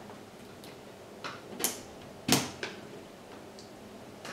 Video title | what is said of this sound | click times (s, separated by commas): Into 2018! - Ryzen 7 PC Build | hear click in like that quite reassuringly | 1.6 s, 2.3 s